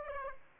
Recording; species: mosquito wingbeat signal from an infrared sensor; Aedes aegypti